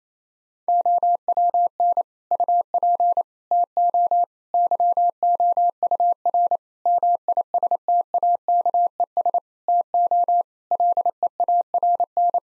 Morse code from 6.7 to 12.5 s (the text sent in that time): MISTAKES TO LEARN